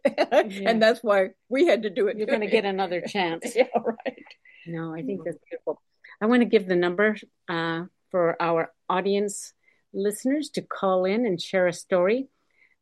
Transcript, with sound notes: And that's why we had to do it, too.
You're gonna get another chance.
Yeah, right. (laughs)
No, I think that's beautiful. I wanna give the number, uh, for our audience listeners to call in and share a story.